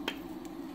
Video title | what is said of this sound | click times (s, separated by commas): Milling VITABLOCS Triluxe Forte | You probably heard that click there. | 0.1 s